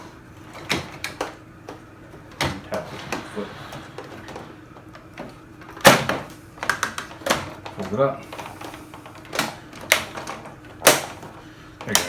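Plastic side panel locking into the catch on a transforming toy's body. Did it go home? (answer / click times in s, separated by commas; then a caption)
yes / 12.0 s. On a large plastic transforming robot toy, a gray side panel is pushed in on the second side until its catch locks, amid several plastic knocks and handling taps while someone talks. A sharp click at 12.0 s marks the panel seating and snapping into place.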